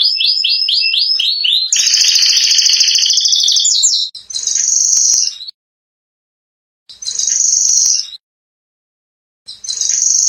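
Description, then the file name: Spanish giboso canary song: a quick series of repeated chirping notes, then a dense, buzzy rolling trill, followed by further rapid trills separated by silent gaps. "canto do canario giboso espanhol"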